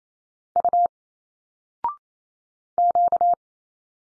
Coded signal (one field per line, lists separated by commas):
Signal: Morse code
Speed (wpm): 28 wpm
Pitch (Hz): 700 Hz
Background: none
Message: U Q